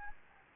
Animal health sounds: mosquito wingbeat signal from an infrared sensor; Anopheles gambiae

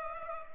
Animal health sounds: mosquito wingbeat signal from an infrared sensor; Culex pipiens

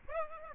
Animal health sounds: mosquito wingbeat signal from an infrared sensor; Aedes aegypti

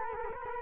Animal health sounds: mosquito wingbeat signal from an infrared sensor; Culex quinquefasciatus

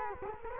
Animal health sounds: mosquito wingbeat signal from an infrared sensor; Culex quinquefasciatus

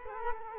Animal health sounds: mosquito wingbeat signal from an infrared sensor; Culex quinquefasciatus

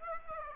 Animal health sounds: mosquito wingbeat signal from an infrared sensor; Aedes aegypti

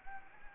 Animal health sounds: mosquito wingbeat signal from an infrared sensor; Anopheles gambiae

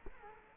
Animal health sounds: mosquito wingbeat signal from an infrared sensor; Culex quinquefasciatus

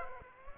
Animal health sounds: mosquito wingbeat signal from an infrared sensor; Aedes aegypti

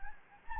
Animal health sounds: mosquito wingbeat signal from an infrared sensor; Anopheles gambiae

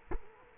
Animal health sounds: mosquito wingbeat signal from an infrared sensor; Culex quinquefasciatus

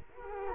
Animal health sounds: mosquito wingbeat signal from an infrared sensor; Culex quinquefasciatus

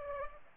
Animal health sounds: mosquito wingbeat signal from an infrared sensor; Culex pipiens

